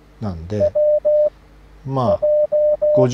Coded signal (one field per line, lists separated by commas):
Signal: Morse code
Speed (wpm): 16 wpm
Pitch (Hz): 600 Hz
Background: speech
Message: WJ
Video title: モールス信号覚え方 モールス符号を短期間で且つ正確に覚える方法 PART1 JJ1IZW （たった13の語呂合わせで覚える新合調法の紹介）